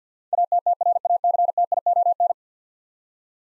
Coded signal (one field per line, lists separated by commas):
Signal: Morse code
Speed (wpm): 50 wpm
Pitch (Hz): 700 Hz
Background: none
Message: ATTRACTION